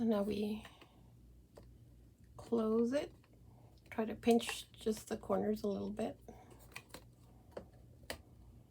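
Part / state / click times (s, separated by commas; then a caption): cardstock closure tab into paper purse box / seated / 8.1 s. Someone talks while closing a folded cardstock purse-style gift box, pinching the corners until the cardstock closure tab goes into the paper purse box, with soft paper rustles and light ticks along the way. A sharp snap at 8.1 s marks the closure tab snapping into place, and the box is seated closed.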